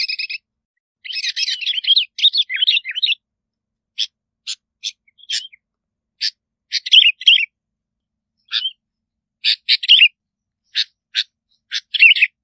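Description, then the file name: Bulbul: a busy jumble of warbling notes at first, then spaced sharp clicks and brief lilting phrases. "Tieng chao mao bong lau"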